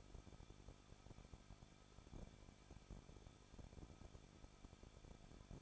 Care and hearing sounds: daily activity, microphone in the room; no activity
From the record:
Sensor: 5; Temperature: 20.8 degrees Celsius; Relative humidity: 38.4%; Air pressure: 1006.5 hPa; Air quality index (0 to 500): 189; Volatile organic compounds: 19 ppm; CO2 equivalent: 2667 ppm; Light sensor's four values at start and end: 2/3/1/1 and 2/3/1/1

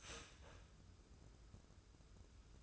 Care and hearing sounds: daily activity, microphone in the room; start toaster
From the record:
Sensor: 2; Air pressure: 994.3 hPa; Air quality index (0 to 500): 203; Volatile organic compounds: 1000 ppm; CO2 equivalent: 6685 ppm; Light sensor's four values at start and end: 129/306/130/135 and 129/306/130/135

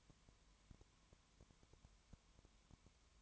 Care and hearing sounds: daily activity, microphone in the room; no activity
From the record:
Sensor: 3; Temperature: 20.2 degrees Celsius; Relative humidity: 31.4%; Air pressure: 1001.3 hPa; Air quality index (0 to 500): 75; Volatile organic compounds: 1 ppm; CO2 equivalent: 698 ppm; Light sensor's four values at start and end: 2/3/2/2 and 2/3/2/2

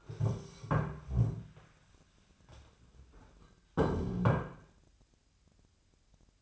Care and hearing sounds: daily activity, microphone in the room; stand up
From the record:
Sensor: 2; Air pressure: 1015.1 hPa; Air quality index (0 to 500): 154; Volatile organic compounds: 7 ppm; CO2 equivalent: 1989 ppm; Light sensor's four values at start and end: 13/34/13/15 and 12/34/13/15

